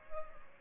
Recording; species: mosquito wingbeat signal from an infrared sensor; Aedes aegypti